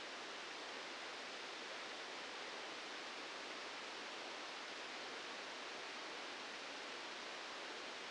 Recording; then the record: brain microelectrode recording played as sound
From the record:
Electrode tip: outside the subthalamic nucleus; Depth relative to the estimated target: 3 mm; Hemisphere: left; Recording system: NeuroSet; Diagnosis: Parkinson's disease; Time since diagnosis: 8 years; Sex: male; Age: 59 years